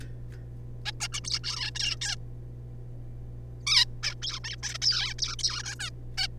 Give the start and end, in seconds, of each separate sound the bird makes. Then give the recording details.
0.86-0.91, 1.00-1.08, 1.12-1.20, 1.24-1.39, 1.44-1.71, 1.75-1.97, 2.01-2.16, 3.67-3.85, 4.03-4.14, 4.22-4.39, 4.44-4.56, 4.63-4.78, 4.82-5.14, 5.19-5.36, 5.39-5.63, 5.64-5.76, 5.79-5.90, 6.18-6.28. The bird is a juvenile. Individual R3549